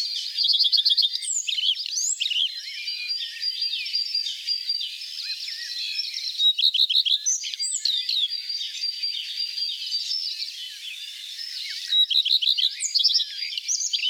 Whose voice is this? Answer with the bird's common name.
Common Redstart